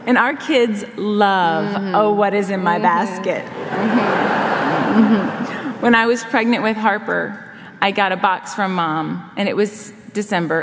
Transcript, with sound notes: And our kids love, “Oh, What Is in My Basket?” (laughter) When I was pregnant with Harper, I got a box from Mom, and it was December.